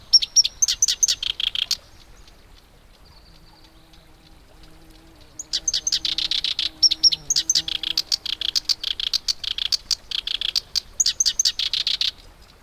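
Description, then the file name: Black-browed reed warbler song in two bursts, harsh rattling chatter with high squeaky whistles, separated by a pause of about four seconds with faint low background hum. "warbler-black-browed-reed -Acrocephalus-bistrigiceps"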